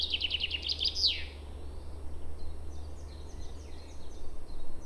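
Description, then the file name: Common chaffinch delivers a brief trilled phrase that tumbles down into a final flourish at the start, then faint twittering of other birds against low background noise. "Fringilla coelebs"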